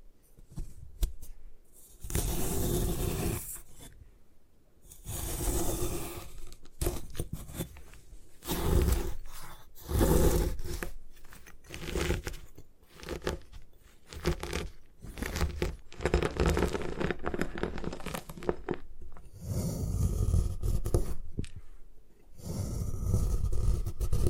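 Gym chalk is crushed and broken apart in a run of rough, gritty crunching and scraping bursts. The grinding comes in irregular waves lasting a second or two, separated by brief near-silent gaps, with a denser, steadier stretch of crumbling toward the end.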